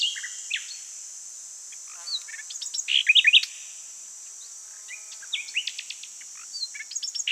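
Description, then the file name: Common nightingale song in bursts: short whistled notes, a rapid rattling trill and sharp chips, separated by quiet gaps with a constant high hiss in the background. "Luscinia megarhynchos"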